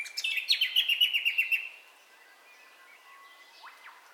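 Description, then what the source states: Bird calls: a quick run of bright, sharp chirps repeated rapidly for about a second and a half, then softer scattered notes and two faint downslurred whistles. Dawn ambience of bird calls, recorded in stereo.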